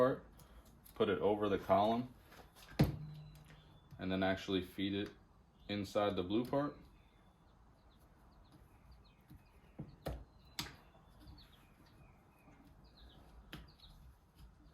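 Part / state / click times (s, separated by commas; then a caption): plastic column piece into blue plastic part on steering column / not seated / none. Someone talks while a plastic piece of a BMW E36 steering column, during a rebuild, is put over the column and fed into the blue plastic part on the column. Brief knocks and handling noises follow. Nothing has seated or snapped in yet.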